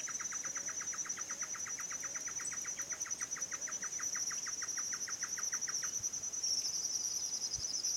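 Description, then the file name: Great antshrike giving a long, rapid, evenly spaced series of short hollow notes that stops after about six seconds, under a loud continuous high insect drone. Male and female calling together; recorded at Esperanza on 27 February 2017. "Chororó-Macho-y-Hembra Esperanza"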